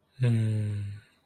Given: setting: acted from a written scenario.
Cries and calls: vocal sound without words; sadness

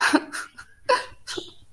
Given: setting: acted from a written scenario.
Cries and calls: vocal sound without words; sadness

